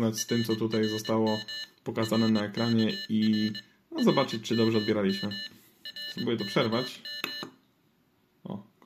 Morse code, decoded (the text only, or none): RRM RKR RMM RKM